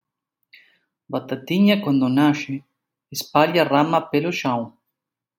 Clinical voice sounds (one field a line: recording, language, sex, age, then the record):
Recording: short text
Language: Brazilian Portuguese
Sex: male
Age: 40 to 49 years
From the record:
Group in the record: control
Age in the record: 41 years